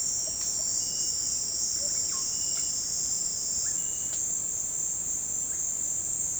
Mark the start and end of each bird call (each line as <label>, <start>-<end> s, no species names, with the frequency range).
bird call (0.3-2.7 kHz), 0.00-2.40 s